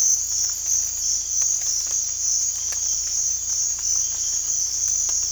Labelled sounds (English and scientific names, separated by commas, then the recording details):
none
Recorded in dense forest near Puerto Asís, Putumayo, Colombia, on 18 December 2024 at 03:30
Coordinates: 0.481, -76.323
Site G100